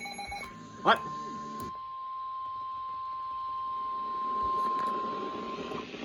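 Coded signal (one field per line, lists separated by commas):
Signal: Emergency Alert System (SAME) tones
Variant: 1050 Hz attention tone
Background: speech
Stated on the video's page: Flash Flood Warning from NWS Sterling (LWX) with a considerable damage tag.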